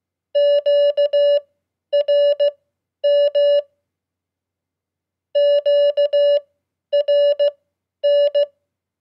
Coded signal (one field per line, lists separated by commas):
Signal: Morse code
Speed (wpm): 16 wpm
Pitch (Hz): 580 Hz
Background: none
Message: QRM QRN